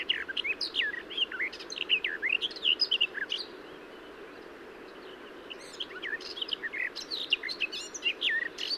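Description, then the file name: Garden warbler singing a sustained, hurried warble of mixed notes and short trills, a brief lull midway, then the flowing phrase resumes. "Garden-Warbler- -Sylvia-borin"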